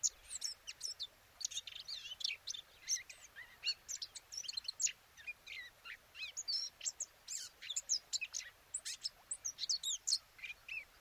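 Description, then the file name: Eurasian blackcap with an energetic warble of sharp chirps and short whistled slurs, delivered in quick successive bursts throughout. "Sylvia atricapilla"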